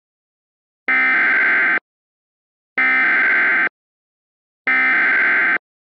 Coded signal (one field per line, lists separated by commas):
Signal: Emergency Alert System (SAME) tones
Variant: header bursts